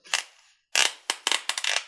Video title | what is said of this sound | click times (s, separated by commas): KORE Essentials Trakline [Black Tactical web belt] | you can hear the click as it goes into place and then | 0.1 s, 1.1 s, 1.3 s, 1.5 s